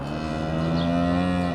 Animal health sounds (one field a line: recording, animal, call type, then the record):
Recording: contact call of a hoofed animal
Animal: cattle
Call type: low-frequency (closed-mouth) or high-frequency (open-mouth) call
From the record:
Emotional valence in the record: negative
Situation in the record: full separation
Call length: 1.56 s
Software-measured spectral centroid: 1490 Hz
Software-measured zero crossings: 1250 a second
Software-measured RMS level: -24 dBFS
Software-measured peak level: -10 dBFS